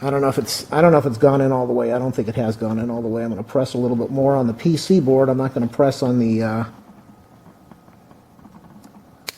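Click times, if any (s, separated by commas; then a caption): 9.3 s. Someone talks while pressing on the circuit board, not the coil, to push the battery and circuit board assembly of an Oral-B Braun ProCare Triumph 5000 toothbrush into its plastic handle housing. After the talking stops at about 6.7 s, a few faint small clicks sound in near-silence. A sharp snap at 9.3 s marks the assembly seating fully, with both sides in place.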